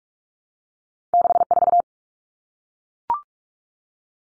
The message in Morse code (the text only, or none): 64